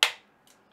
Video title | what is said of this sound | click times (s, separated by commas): TEARDOWN - ASUS ROG KERIS II Ace | and you'll hear that click and that means they have made contact | 0.0 s